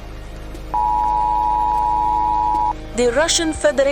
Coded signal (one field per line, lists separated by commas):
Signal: Emergency Alert System (SAME) tones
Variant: 853 and 960 Hz attention tone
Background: speech, music